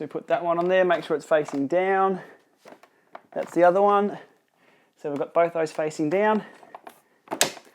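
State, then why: Seated. Someone talks while the folding support leg of an Elite KURA indoor bike trainer is swung out into the trainer frame. At 7.4 s it snaps into its locked position with a loud metallic clack, and the leg is locked in place.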